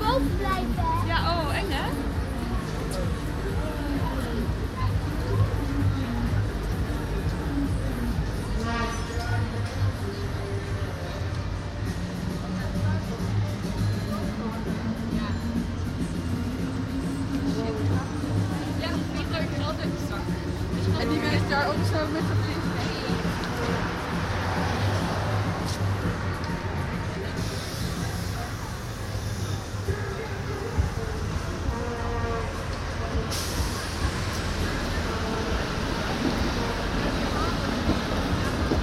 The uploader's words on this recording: Kingsday/Koningsdag Lange Vijverberg Den Haag. The annual Dutch celebration of Koningsdag (Kingsday) with markets, a fair and many different events.